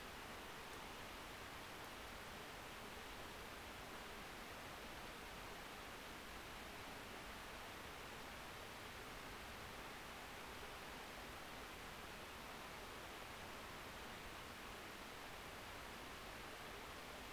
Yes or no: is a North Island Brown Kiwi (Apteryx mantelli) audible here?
no